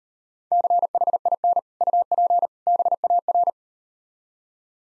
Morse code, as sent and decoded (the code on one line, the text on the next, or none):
-.-. .... .. -. / ..- .--. / -... .- .-.
CHIN UP BAR